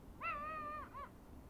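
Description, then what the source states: Eurasian eagle-owl cackle: a drawn-out nasal, rich note of about 0.7 seconds, then a short bent note, against a quiet background. Female giving slurred devil's cackles.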